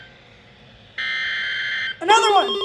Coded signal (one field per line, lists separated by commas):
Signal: Emergency Alert System (SAME) tones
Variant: header bursts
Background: speech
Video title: [DOUBLE HEADER] Severe Thundetstorm Warning (EAS 30-31)